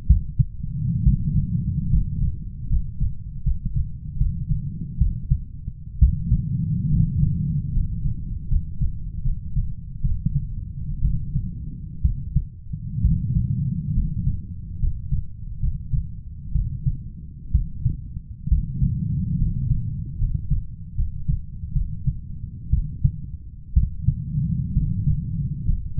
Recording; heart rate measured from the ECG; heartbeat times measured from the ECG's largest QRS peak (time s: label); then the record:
heart sounds by stethoscope; 68 bpm
0.07 s: heartbeat
1.03 s: heartbeat
1.89 s: heartbeat
2.69 s: heartbeat
3.43 s: heartbeat
4.18 s: heartbeat
4.98 s: heartbeat
5.99 s: heartbeat
6.90 s: heartbeat
7.72 s: heartbeat
8.48 s: heartbeat
9.22 s: heartbeat
10.01 s: heartbeat
11.01 s: heartbeat
12.02 s: heartbeat
13.02 s: heartbeat
13.94 s: heartbeat
14.79 s: heartbeat
15.60 s: heartbeat
16.52 s: heartbeat
17.52 s: heartbeat
18.48 s: heartbeat
19.38 s: heartbeat
20.18 s: heartbeat
20.95 s: heartbeat
21.72 s: heartbeat
22.70 s: heartbeat
23.73 s: heartbeat
24.73 s: heartbeat
25.65 s: heartbeat
From the record:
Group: healthy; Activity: rest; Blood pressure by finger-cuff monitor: 135/80 mmHg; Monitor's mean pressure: 94 mmHg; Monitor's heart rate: 65 bpm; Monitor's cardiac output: 7.4 L/min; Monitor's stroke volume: 109 mL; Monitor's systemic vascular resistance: 940 dyn s/cm5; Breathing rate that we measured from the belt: 10 breaths a minute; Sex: male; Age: 23 years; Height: 178 cm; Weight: 96.6 kg